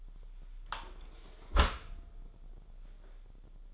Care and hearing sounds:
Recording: daily activity, microphone in the room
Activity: close dishwasher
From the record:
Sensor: 5

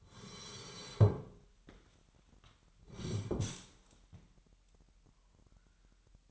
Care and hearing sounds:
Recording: daily activity, microphone in the room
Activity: sit down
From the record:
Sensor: 3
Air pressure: 998.5 hPa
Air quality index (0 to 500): 128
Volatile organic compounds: 3 ppm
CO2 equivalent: 1522 ppm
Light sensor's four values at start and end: 9/20/9/9 and 8/19/8/8

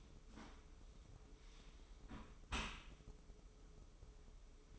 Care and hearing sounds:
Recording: daily activity, microphone in the room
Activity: close dishwasher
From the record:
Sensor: 1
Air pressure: 995.8 hPa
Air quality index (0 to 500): 58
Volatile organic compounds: 2 ppm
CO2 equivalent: 1151 ppm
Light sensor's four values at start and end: 32/110/42/44 and 32/110/42/44

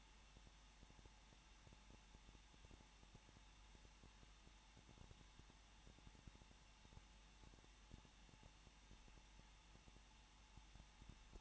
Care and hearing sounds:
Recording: daily activity, microphone in the room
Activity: no activity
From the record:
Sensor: 1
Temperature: 20.1 degrees Celsius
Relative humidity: 39.4%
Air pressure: 1006.4 hPa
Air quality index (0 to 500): 219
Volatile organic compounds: 81 ppm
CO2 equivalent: 3615 ppm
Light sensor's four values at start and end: 1/2/1/1 and 1/2/1/1

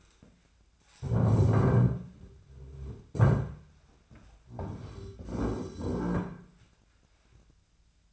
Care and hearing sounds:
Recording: daily activity, microphone in the room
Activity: stand up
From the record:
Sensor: 2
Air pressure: 1008.0 hPa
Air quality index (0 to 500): 181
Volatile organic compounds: 10 ppm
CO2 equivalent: 2225 ppm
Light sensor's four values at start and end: 11/27/11/12 and 11/26/11/11

